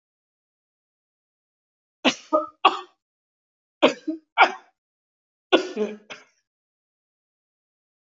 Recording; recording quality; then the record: heavy voluntary cough; excellent, no background noise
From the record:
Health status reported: healthy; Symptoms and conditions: hypertension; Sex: male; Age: 54 years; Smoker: not ticked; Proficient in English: yes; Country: India